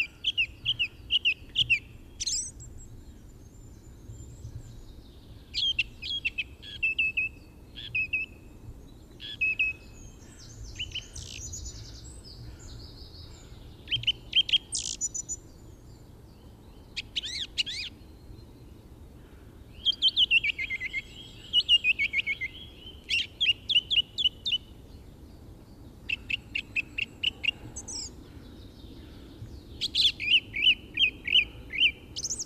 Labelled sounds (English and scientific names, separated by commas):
Song Thrush (Turdus philomelos) song